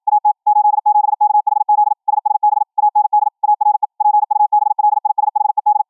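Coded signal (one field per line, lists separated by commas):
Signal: Morse code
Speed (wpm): 53 wpm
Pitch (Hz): 840 Hz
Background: none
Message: AT 87KHZ SSB AND ARE PUBLISHED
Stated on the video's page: QRQ CW at 21 kHz VLF, generated by a Raspberry Pi 4 audio output into a tuned large ferrite rod antenna, received by a laptop sound-card SDR.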